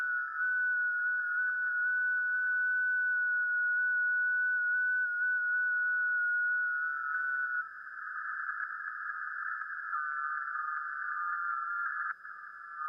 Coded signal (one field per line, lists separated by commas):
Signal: FT8